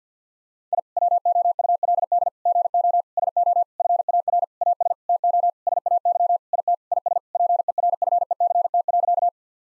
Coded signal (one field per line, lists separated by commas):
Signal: Morse code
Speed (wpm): 50 wpm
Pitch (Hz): 700 Hz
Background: none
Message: I WOULD GO SO FAR AS TO SAY IT IS PERFECT.